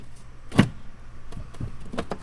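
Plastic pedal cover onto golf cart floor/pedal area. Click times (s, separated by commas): 0.6 s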